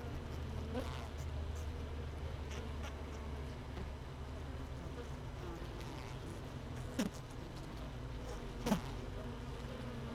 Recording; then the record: honeybee colony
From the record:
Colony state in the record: missing queen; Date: 31 May 2018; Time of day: 17:07